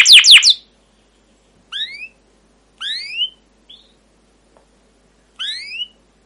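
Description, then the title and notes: Canary calls: a short burst of rapid notes, then three separate rising chirps and one faint short note, with quiet gaps between. Caged canary song used as a lure to train and tutor young canaries to sing long, vigorous songs. "CUIT CUIT NGEROL LANGSUNG GACOR PANJANG Kenari Ini AMPUH Utk Pancingan KENAR. PANCINGAN Kenari GACOR PANJANG Cuit CUIT EMOSI ini AMPUH utk MASTERAN Kenari PAUD belajar BUNYI. burung kenari"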